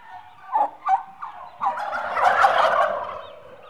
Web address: BBC Sound Effects Library. Livestock. 8 Month Old Turkeys- Mostly Hens